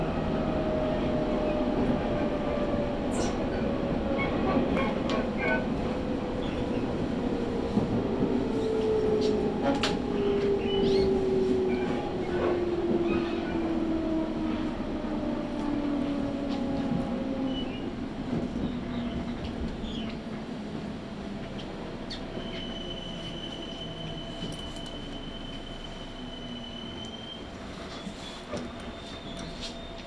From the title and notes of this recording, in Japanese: 東海道本線 浜松→豊橋。6:20発の豊橋行きに乗車して。ホームで列車がくるのを待ちながら乗りこむ。